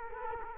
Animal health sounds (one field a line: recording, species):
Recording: mosquito wingbeat signal from an infrared sensor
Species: Culex quinquefasciatus